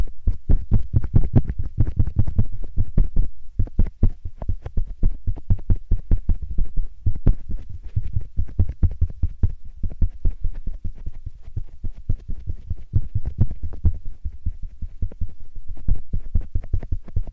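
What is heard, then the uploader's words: Rapid puff sounds, soft low thumps repeating several times a second in a steady, throbbing rhythm for the whole stretch. Each puff is short and dull, with a faint airy top. The pattern barely pauses, with brief breaks just after three and near seven seconds. 말없이 3가지의 퍼프로 귀를 토닥토닥 해드려요 puff sound.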